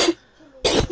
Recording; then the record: coughing mixed with background sound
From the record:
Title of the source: 61 morning phlegmy cough...again